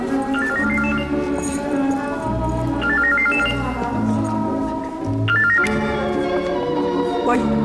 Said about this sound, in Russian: Ой, звонок. Ой, Господи.